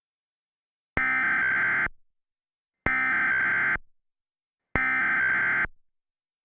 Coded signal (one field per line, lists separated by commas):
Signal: Emergency Alert System (SAME) tones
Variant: header bursts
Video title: Totally Normal Tornado Warning - EAS Mock